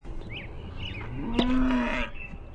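Cow mooing, one low drawn-out moo, while small birds chirp in the background.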